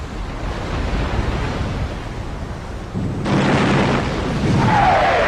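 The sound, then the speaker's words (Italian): Broad, rushing noise of wind and surging sea water at sea off Cape Trafalgar in southern Spain, low and rumbling at first, then brightening into a louder hiss around three seconds in, with a faint rising whistle near the end. “L'audio che sentite è stato raccolto sul mare della battaglia che ha visto la nuova sconfitta di Parigi.”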